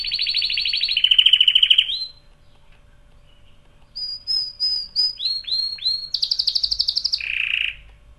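Canary song: a loud steady note and a trill, a pause, then quick repeated whistled notes, a run of falling chirps and rapid trills.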